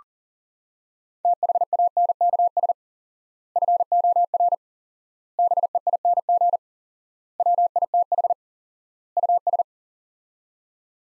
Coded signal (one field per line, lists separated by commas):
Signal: Morse code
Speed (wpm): 40 wpm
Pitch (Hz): 700 Hz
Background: none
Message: THANKS FOR BEING WITH US